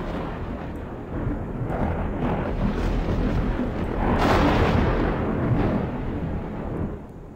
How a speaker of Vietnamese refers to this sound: Tiếng gào của Thanh bị tiếng sấm chớp át hẳn đi